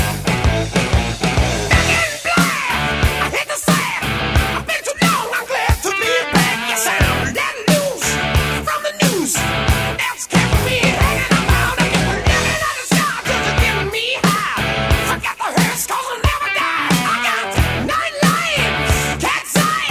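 A loud hard rock song plays continuously from a 2003 CD pressing, with pounding drums, dense distorted guitars and a singing voice riding over a steady driving beat.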